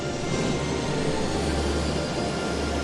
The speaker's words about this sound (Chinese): 飞机缓缓地降落到了敦煌机场